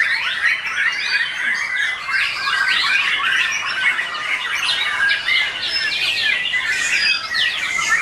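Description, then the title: Oriental magpie-robin pouring out continuous song, fast chattering phrases mixed with clear whistles and harsher squawks, volume steady throughout. "Kicau Kacer"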